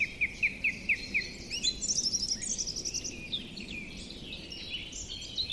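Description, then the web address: Song thrush giving six short clear notes in quick succession, then higher, rapid twittering phrases, over background noise. "cianscape birddata Deverinetal 2025"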